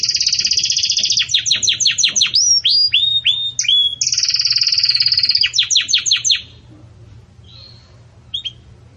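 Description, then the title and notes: Belgian canary song with buzzy trills and quick repeated downslurred notes, then a near-silent pause with faint chips. Belgian canary 'campainha' (bell) song, used as a tutor song for young birds in breeding. "Canto Do Canário Belga Campainha Para Encarte De Filhotes. CANARIO"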